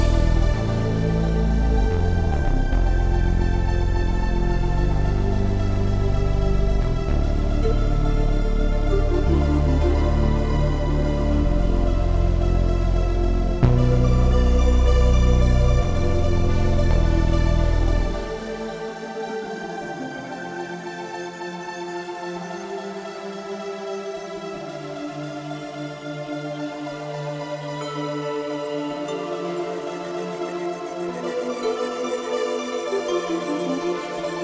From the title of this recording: Dark City atmosphere